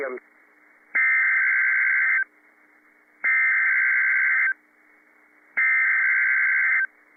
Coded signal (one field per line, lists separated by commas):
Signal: Emergency Alert System (SAME) tones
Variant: header bursts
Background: speech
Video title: PDS SVR & PDS TOR - EAS #1,253 & 1,254 - 3/25/15 7:02 PM